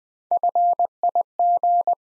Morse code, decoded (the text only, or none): FIG